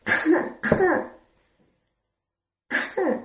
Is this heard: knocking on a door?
no